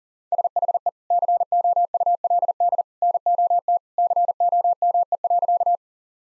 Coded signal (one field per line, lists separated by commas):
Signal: Morse code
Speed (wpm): 37 wpm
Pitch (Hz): 700 Hz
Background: none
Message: SHE COULD NOT COME.